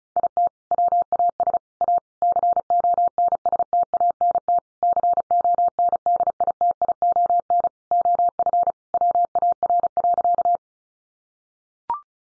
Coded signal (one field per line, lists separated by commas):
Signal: Morse code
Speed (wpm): 34 wpm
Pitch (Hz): 700 Hz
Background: none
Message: IT WAS A CONSTANT CONDITION OF WAR.